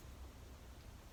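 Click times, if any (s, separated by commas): none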